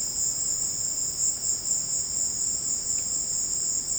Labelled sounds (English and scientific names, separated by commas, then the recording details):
none
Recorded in secondary vegetation near Puerto Asís, Putumayo, Colombia, on 24 March 2025 at 16:00
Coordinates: 0.488, -76.319
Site G095